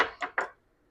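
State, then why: Seated. A metal piston pin retaining lock is worked into the groove of the pin bore in an aluminium forged piston for a small block Chevy engine. A scraping burst fades out, a softer tap comes at 0.2 s, and a sharp metallic snap at 0.4 s marks the lock seating in its groove before the sound goes quiet.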